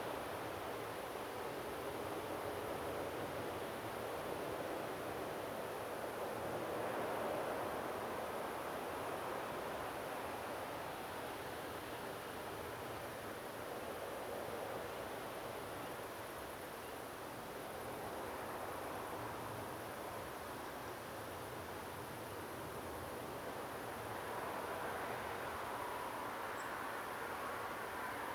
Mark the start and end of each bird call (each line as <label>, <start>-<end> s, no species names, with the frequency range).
bird call (7.6-8.2 kHz), 26.56-26.64 s